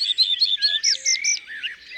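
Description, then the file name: Common redstart song: a run of repeated slurred notes, then higher looping notes and a few lower ones, with faint low notes beneath. "Rougequeue a front blanc ABC des chants doiseaux"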